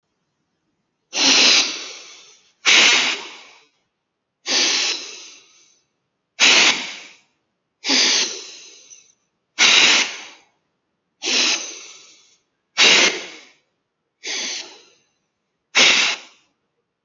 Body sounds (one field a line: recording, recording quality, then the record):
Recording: deep breathing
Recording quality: excellent, no background noise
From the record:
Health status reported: healthy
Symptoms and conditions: none ticked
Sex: male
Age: 30 years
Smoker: yes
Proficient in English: yes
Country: India